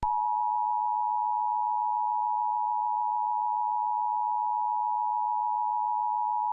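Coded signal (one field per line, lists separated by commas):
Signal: Emergency Alert System (SAME) tones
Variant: 853 and 960 Hz attention tone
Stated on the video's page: Fake EAS alarm sound for an all-clear, not a real alert.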